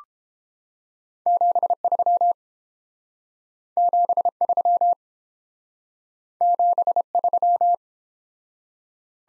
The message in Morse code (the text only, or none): 73 73 73